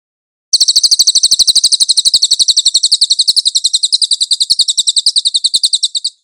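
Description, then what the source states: Cililin song as one unbroken rapid trill of bright, high chirps lasting several seconds, slightly softening toward the end. Cililin song used as a master for training songbirds.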